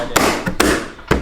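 A fender emblem is lined up and pressed onto the fender of a Ford F250 truck, snapping into place with sharp clicks at 0.2 s and 0.6 s, plus a softer tap at 0.5 s. A third sharp snap follows near 1.1 s. The emblem is seated and went on easily.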